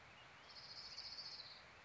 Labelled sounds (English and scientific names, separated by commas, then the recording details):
Orange-crowned Warbler (Leiothlypis celata)
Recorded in Sonoma County, California